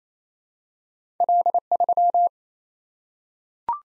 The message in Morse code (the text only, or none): L3